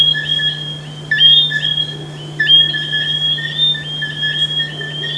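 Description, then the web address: Frog chorus of high, ringing tonal calls, with louder calls starting near one and two and a half seconds, over a steady low hum. "humbot audio frogs"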